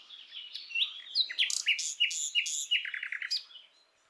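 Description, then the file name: Common nightingale song, a varied run of whistled notes, then a fast series of loud repeated chirps before it fades out. "Luscinia megarhynchos"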